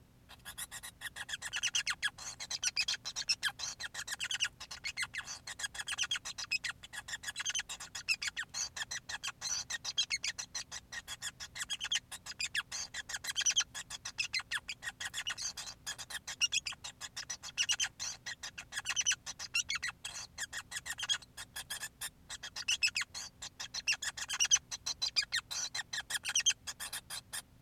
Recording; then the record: song of a male Bengalese finch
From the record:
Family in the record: son of father 5